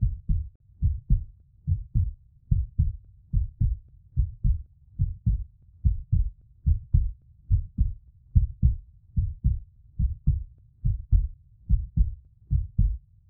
72 bpm heart beat.